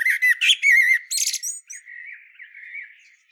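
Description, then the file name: Common blackbird calling with a run of squeaky, warbled notes followed by high twittering, then a softer, wavering, drawn-out trill that fades away. "Turdus merula"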